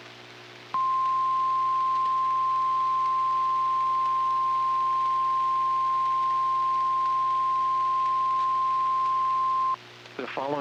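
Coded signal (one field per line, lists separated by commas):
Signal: Emergency Alert System (SAME) tones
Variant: 1050 Hz attention tone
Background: speech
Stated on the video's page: Child Abduction Emergency relayed by National Weather Service on NOAA Weather Radio at the request of the state bureau of investigation.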